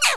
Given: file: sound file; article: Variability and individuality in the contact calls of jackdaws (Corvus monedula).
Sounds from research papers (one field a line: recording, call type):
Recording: jackdaw call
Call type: noisy